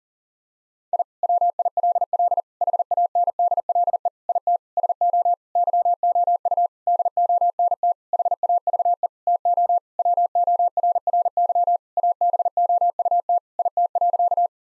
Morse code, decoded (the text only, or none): I WILL HANDLE IT SO YOU DONT HAVE TO WORRY ABOUT IT.